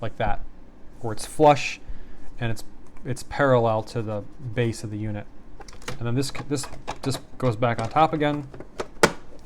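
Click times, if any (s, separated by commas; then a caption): 9.0 s. Someone talks while replacing the lead-acid battery in an APC Back-UPS 425 (BE425M), then puts the plastic battery compartment cover back on top and pushes it down. A loud, sharp snap at 9.0 s marks the cover seating into place on the UPS enclosure.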